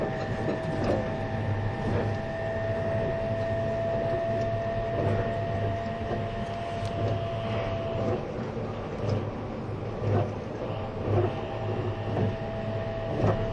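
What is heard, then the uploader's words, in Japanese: Running sound of a train: a steady low rumble with a held whining tone, and light clacks recurring roughly every second throughout. E257系 あずさ19号03 甲府～松本。音の旅(走行音)。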